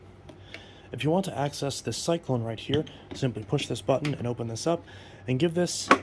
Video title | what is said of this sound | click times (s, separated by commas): Bissell CleanView (3536) - How to Use/Maintenance Tutorial (Filter Clean, Belt Change) | close it up until it clicks. Pretty simple. | 0.5 s